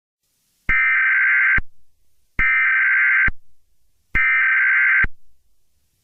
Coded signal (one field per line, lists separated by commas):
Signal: Emergency Alert System (SAME) tones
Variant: header bursts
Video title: EAS Scenario 1